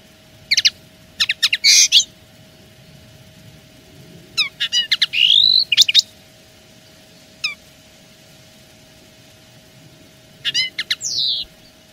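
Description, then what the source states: Common linnet song in short, separated bursts of dry twitters and whistled notes, with pauses of a few seconds between phrases and a steady tone throughout. Wild-caught bird singing; pure field-style decoy song (Silvestrismo).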